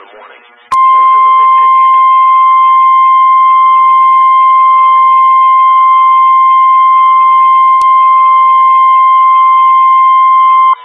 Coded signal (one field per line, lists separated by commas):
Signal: Emergency Alert System (SAME) tones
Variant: 1050 Hz attention tone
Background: speech